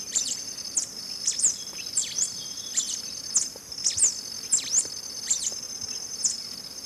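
Black-capped Warbling Finch calls: sharp, high chirps with quick downward slurs, repeated irregularly every half second to second, with a steady, shrill insect drone.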